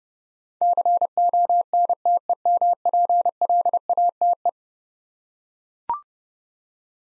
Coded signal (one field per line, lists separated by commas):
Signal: Morse code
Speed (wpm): 32 wpm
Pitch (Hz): 700 Hz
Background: none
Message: CONTEMPLATE